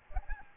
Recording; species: mosquito wingbeat signal from an infrared sensor; Aedes albopictus